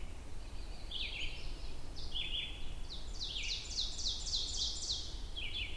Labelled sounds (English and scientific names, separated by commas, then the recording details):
Ovenbird (Seiurus aurocapilla) song
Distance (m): 45 m
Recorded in boreal forest in Alberta, Canada, on 22 June 2016 at 05:36
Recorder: SongMeter 3, array SBT-6-76
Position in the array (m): 150 m, 110 m
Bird 3